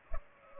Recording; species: mosquito wingbeat signal from an infrared sensor; Culex pipiens